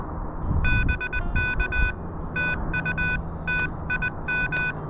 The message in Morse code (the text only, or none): BK TU TIM